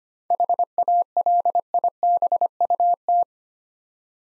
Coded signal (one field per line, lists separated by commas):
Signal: Morse code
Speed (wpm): 25 wpm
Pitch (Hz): 700 Hz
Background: none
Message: HALIBUT